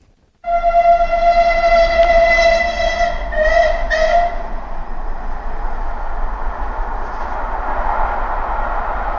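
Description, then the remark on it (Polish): A train rolls past on the rails with a steady low rumble, while a loud, sustained horn blares for about four seconds near the start before the rumbling continues alone. “Jedzie pociąg, jedzie, wiezie ludzi, wiezie, puszcza dym, szare kłęby.”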